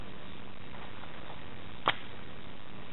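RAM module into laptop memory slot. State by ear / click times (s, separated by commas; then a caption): seated / 1.9 s. A new RAM module is slotted into the memory slot of a Dell Latitude D530 laptop and pushed down firmly until the retaining clips catch. A single sharp click is heard at 1.9 s over a steady low background hiss, and the module is seated.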